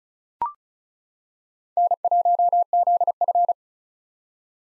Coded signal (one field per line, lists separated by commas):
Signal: Morse code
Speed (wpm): 36 wpm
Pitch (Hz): 700 Hz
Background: none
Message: N1ZF